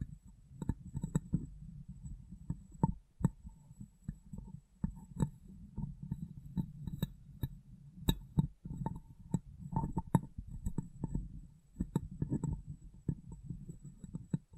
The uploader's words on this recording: ASMR Glass Brain Tapping & Cleaning (No Talking).